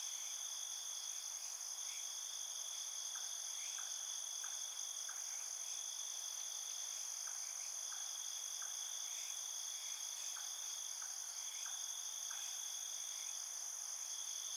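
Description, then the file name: Field crickets in a steady high-pitched chorus of continuous ringing trills, with short faint clicks and pulses scattered lower beneath. Field crickets at night. "Ambience Night Field Cricket"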